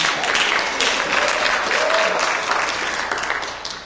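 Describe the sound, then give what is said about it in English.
A crowd claps steadily for about four seconds, a dense, even patter of many hands at full strength that thins slightly toward the end, in a round of applause for an usher. “And how about a round of applause for this usher?”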